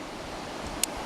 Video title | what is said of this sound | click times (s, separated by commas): Kubey Knives Damascus Gentleman's Folding Pocket Knife - I Could Tell Kubey Made Some Nice Stuff!! | a little hard to hear, but a nice firm positive click. | 0.8 s